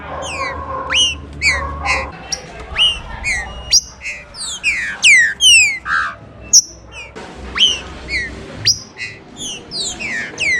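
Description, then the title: Green-winged Saltator song: a rapid run of loud, clear whistled notes, many sharply downslurred with bright overtones, delivered in quick bursts over a low background hum. "Trinca Ferro"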